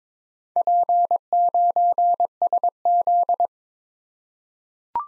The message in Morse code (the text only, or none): P9SZ